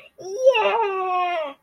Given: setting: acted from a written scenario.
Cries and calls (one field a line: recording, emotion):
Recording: vocal sound without words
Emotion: triumph